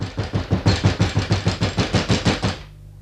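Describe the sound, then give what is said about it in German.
Rapid, forceful pounding on a door by someone trying to break it in, about a dozen heavy blows in a steady fast rhythm, each a loud thudding crack, ending abruptly into a faint low hum. “Mach auf, sonst schlage ich die Tür ein!”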